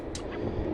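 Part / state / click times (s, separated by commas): locking piece of a trolling motor trim module going into its housing / seated / 0.1 s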